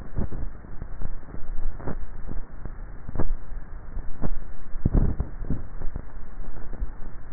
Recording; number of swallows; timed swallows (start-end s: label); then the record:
swallowing sounds by neck microphone; 1
4.95-5.92 s: swallow
From the record:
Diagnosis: dysphagia